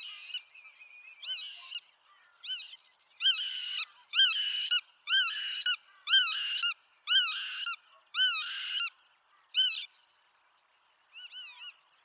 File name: barge a queue noire - limosa limosa